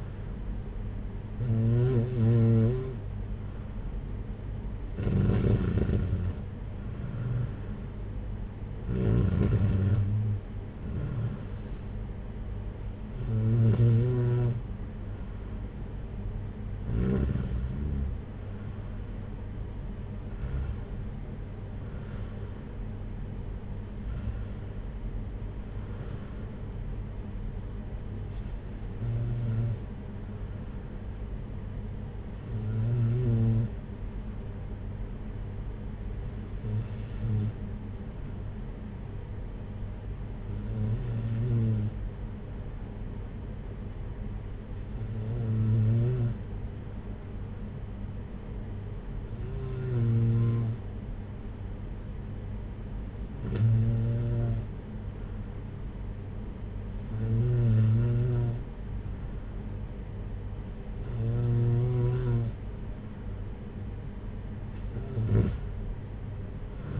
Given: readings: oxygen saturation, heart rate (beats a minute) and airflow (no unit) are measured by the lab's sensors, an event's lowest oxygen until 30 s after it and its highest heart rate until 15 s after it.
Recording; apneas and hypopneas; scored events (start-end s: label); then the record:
breathing in sleep by a smartphone at the bedside; none
none scored
From the record:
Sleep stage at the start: N2 (light sleep); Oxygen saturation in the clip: 93 to 95%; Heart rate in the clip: 56 to 62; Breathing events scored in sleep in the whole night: 226 in 8.8 hours asleep